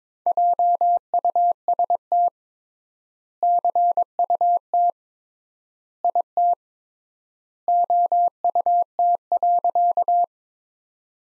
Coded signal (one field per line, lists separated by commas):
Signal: Morse code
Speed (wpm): 22 wpm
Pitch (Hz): 700 Hz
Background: none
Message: JUST CUT IT OUT.